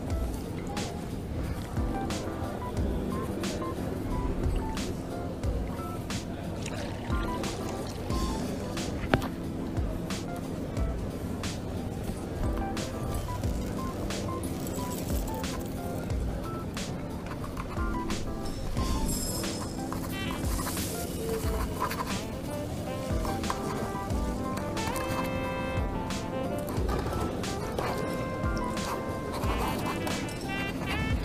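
Coffee shop ambience with a steady low murmur of voices, frequent clinks and clatters of cups and dishes, and a constant dense background hum.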